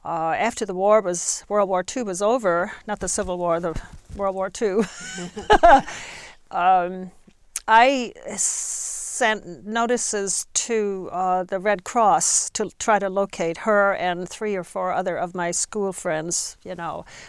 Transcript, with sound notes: After the war was, World War II was over, not the Civil War, World War II (she laughs) I sent notices to the Red Cross to try to locate her and three or four other of my school friends, you know.